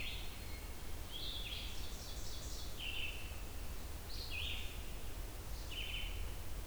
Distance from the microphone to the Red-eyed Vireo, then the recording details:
about 60 m. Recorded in boreal forest in Alberta, Canada, on 28 June 2016 at 07:46. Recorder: SongMeter 3, array SBT-6-79. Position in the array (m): 101 m, 206 m